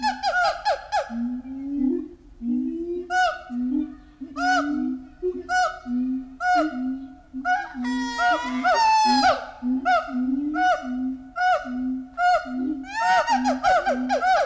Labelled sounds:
Siamang

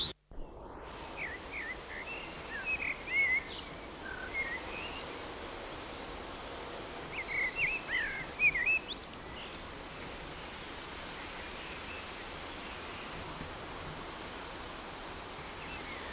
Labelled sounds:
Common Blackbird song

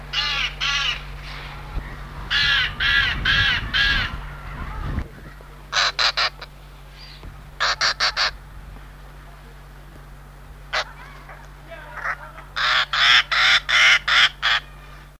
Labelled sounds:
Purplish-backed Jay call

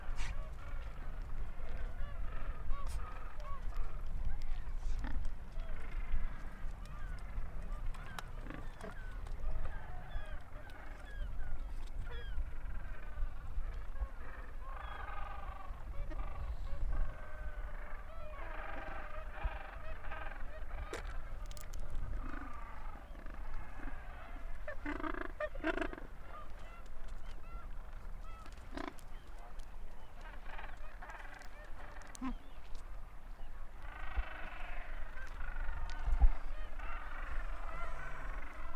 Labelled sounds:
Gentoo Penguin call

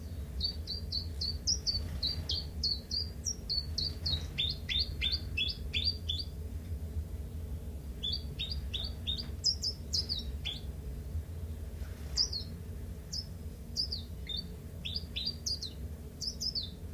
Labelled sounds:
Common Chiffchaff

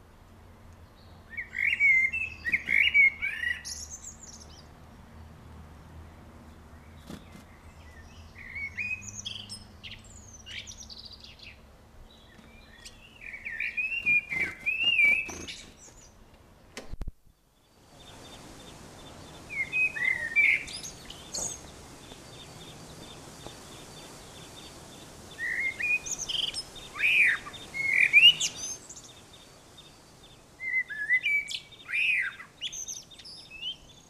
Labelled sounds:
Common Blackbird song

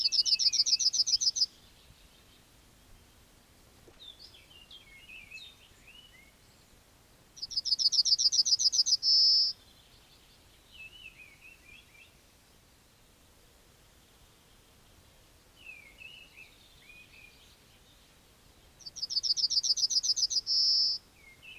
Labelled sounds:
Yellowhammer song

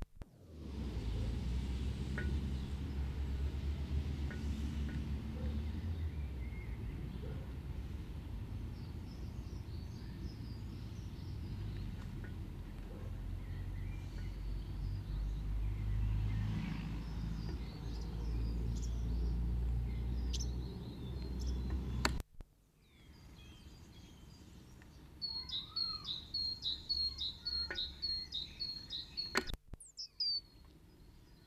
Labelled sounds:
Great Tit song

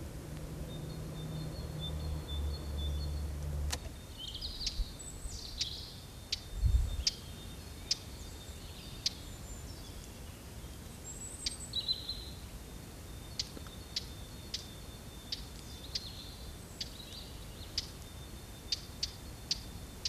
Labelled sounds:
European Robin song

